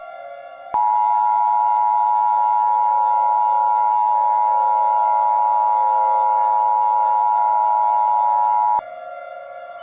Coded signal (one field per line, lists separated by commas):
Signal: Emergency Alert System (SAME) tones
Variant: 853 and 960 Hz attention tone